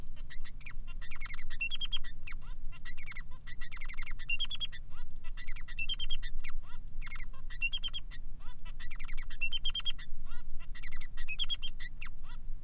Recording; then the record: song of a male Bengalese finch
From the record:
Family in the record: son of father 3